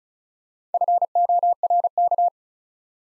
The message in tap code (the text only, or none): none